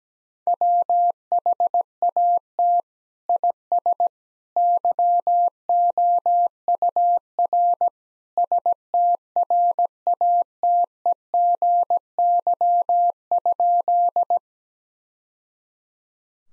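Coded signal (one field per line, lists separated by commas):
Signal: Morse code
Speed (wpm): 17 wpm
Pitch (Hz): 700 Hz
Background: none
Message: WHAT IS YOUR STRATEGY?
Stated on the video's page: Morse practice at 17 wpm, sentences built from the top 1000 words, each sent, spoken, then sent again for head-copy.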